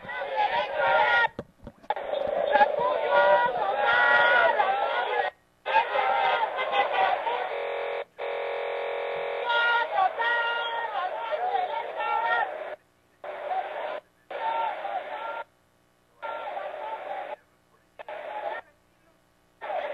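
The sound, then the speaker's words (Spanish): A protest crowd shouts in total repudiation of electoral fraud while cars supporting the movement blare their horns, all thin and muffled as if over a phone line, with the sound cutting out repeatedly into brief silences. “Escuchábamos el grito de repudio total al fraude electoral y los carros que apoyan finalmente al movimiento.”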